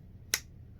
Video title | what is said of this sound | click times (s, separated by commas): Frost Cutlery Navaja knife review | You could feel it pop in, pop out. | 0.3 s